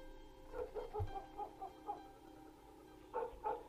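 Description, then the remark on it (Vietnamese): A dog barks and yaps faintly in a loose, uneven series of short, mid-pitched yips, pausing briefly before a final pair of barks, with no talking. “Có tiếng chó cắn ma nhấm nha nhấm nhẳng ở đâu đó vang lên.”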